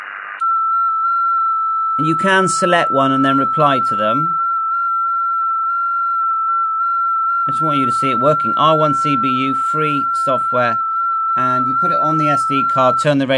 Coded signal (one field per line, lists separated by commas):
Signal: FT8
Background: speech